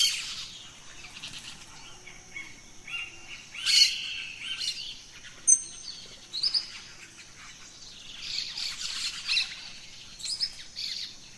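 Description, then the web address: Birds in a dawn chorus, sharp whistled and sliding notes, several loud separate calls between four and ten seconds, over a constant high hum. Dawn chorus of rainforest birds, Gran Sabana, Venezuela. "Birds in the Rainforest Dawn Venezuela Gran Sabana"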